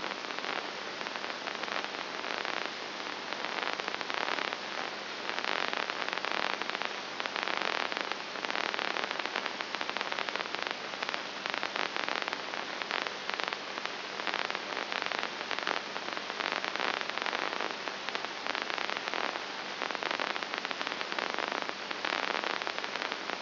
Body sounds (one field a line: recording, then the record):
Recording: brain microelectrode recording played as sound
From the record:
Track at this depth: outside the subthalamic nucleus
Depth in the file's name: 0.504 mm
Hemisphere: right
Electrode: 2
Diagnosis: Parkinson's disease